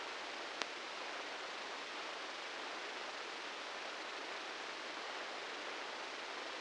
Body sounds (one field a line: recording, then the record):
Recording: brain microelectrode recording played as sound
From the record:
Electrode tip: outside the subthalamic nucleus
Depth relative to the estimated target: -4 mm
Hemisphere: right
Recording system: NeuroSet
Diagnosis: Parkinson's disease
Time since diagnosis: 19 years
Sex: female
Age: 69 years